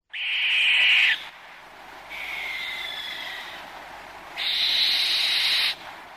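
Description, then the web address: Barn owl screeching: three long, harsh, hissing screeches, the first and last loud and about a second long, the middle one softer and more drawn out. "Cianton Bambini Animali Barbagianni Verso"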